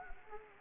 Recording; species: mosquito wingbeat signal from an infrared sensor; Anopheles gambiae